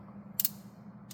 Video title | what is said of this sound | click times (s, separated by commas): Snap-on 3/8 Locking Flex Head Ratchet | you know the flex head is really nice but this one locks into place | 0.4 s